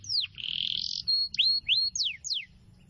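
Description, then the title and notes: Canary singing a downslurred whistle, a buzzy rolled phrase, then several clear high sweeping whistles in quick succession. Long, continuous, energetic song used as a lure and as a master to teach wild canaries. "Pikat Kenari GACOR PANJANG INI Cocok Untuk Masteran KENARI LIAR. Masteran burung kenari gacor parah"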